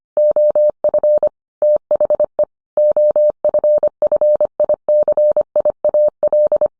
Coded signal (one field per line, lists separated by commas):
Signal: Morse code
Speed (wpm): 25 wpm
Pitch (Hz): 600 Hz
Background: none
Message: OF THE OFFICIAL